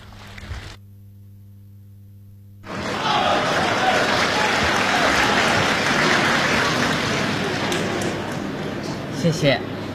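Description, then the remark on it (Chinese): After a couple of seconds of near silence with a low hum, the audience at a live crosstalk comedy show breaks into applause that holds steady as a dense, even patter of clapping, easing slightly toward the end. “谢谢现场所有热情的观众，谢谢您这么稀稀拉拉的掌声，谢谢大家。”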